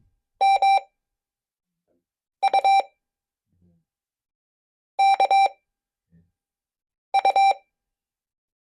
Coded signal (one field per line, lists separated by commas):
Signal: Morse code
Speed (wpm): 22 wpm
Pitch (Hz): 780 Hz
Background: none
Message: M U K U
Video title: Club Talk - Learning CW Changed My Life - 13/05/2025